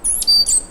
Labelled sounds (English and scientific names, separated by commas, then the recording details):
Stitchbird (Notiomystis cincta) song
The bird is a male
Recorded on Tiritiri Matangi Island, New Zealand, in 2005
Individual 1, of nest box 1